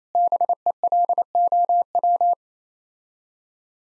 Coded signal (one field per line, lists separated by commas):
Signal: Morse code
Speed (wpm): 27 wpm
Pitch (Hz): 700 Hz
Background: none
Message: BELOW